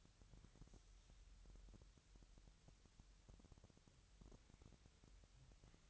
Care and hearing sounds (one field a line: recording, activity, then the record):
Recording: daily activity, microphone in the room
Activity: wipe stove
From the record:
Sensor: 3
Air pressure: 1001.6 hPa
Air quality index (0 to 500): 222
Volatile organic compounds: 30 ppm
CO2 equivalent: 2948 ppm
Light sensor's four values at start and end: 10/33/14/12 and 10/33/14/12